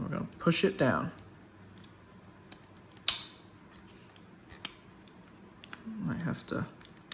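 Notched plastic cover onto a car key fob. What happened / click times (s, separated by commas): The plastic cover is being pressed but has not yet snapped home / none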